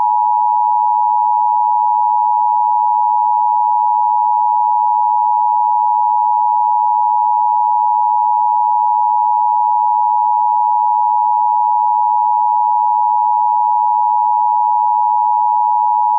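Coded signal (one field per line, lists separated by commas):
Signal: Emergency Alert System (SAME) tones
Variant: 853 and 960 Hz attention tone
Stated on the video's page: Fictional EAS scenario made with Clipchamp using Wikimedia Commons sound effects.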